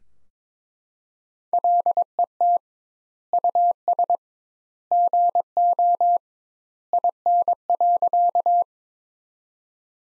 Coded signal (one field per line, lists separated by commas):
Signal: Morse code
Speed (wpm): 22 wpm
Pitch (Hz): 700 Hz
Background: none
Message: LET US GO IN.